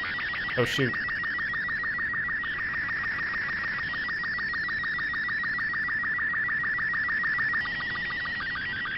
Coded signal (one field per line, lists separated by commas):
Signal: SSTV (slow-scan television)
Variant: Robot 36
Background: speech